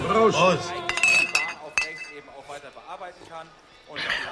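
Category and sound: household object, glasses clinking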